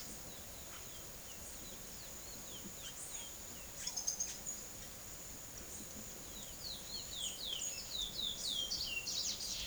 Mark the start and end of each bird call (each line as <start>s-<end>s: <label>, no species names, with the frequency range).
0.80s-4.68s: bird call (1.4-9.9 kHz)
6.13s-9.66s: bird call (1.7-10.1 kHz)